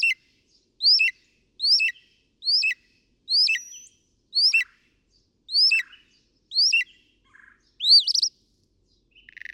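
Northern mockingbird song: a clear rising-then-falling whistled note repeated several times, ending with a different sharp upslurred phrase.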